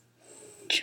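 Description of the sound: The speaker has spinal muscular atrophy, which causes her lung function to decline because of her weakening diaphragm muscles. She has to wear a ventilator to breathe, and she records her podcast while she's wearing the ventilator.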